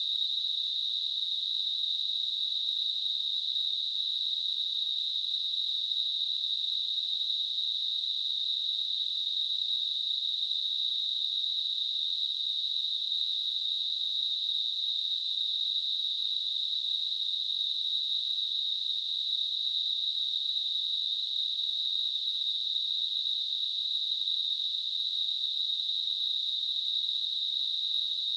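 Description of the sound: Simulated tinnitus: a steady, high-pitched narrowband ringing tone that holds constant throughout.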